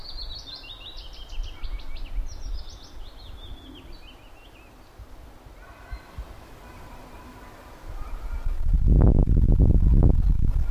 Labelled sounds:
Willow Warbler song

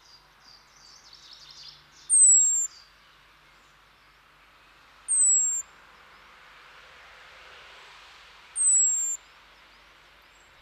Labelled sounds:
European Robin call

